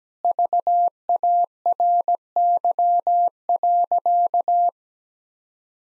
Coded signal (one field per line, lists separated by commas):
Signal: Morse code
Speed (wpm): 17 wpm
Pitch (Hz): 700 Hz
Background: none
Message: VARY.